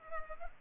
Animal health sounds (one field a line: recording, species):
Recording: mosquito wingbeat signal from an infrared sensor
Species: Culex pipiens